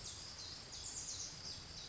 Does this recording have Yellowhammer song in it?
no